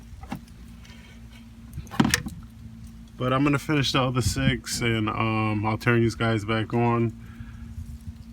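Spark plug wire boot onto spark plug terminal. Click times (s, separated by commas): 2.1 s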